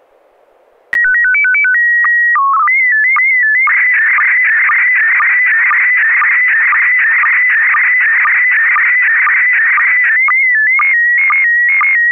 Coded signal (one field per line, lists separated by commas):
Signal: SSTV (slow-scan television)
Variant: PD 120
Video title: N6NA SSTV Net - 08/31/2022